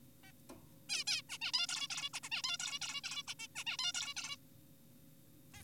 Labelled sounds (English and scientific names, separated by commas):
Zebra Finch (Taeniopygia guttata)